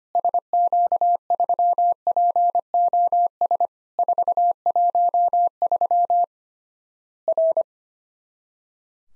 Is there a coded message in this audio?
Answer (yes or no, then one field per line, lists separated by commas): yes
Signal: Morse code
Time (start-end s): 0.1-7.6 s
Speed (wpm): 25 wpm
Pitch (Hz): 700 Hz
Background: none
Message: SQ3POS 413 R